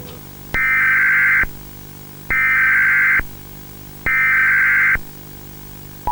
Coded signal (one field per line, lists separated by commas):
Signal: Emergency Alert System (SAME) tones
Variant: header bursts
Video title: CAPTURED MARY BELL COUNTY EAS ALARM (1982) // ARCHIVAL TAPE 2